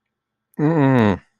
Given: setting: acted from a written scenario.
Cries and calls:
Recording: vocal sound without words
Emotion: disappointment

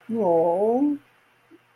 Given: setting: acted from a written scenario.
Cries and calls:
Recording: vocal sound without words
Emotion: sympathy

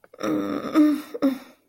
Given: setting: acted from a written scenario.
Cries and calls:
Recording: vocal sound without words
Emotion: disappointment

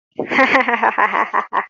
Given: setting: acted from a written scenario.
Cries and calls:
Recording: vocal sound without words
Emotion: amusement

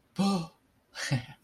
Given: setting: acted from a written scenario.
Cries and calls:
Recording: vocal sound without words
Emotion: relief

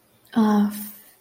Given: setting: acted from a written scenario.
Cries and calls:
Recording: vocal sound without words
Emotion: shame

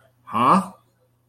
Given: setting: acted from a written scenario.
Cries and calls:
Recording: vocal sound without words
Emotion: confusion

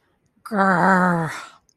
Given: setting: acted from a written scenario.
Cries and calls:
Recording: vocal sound without words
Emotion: anger

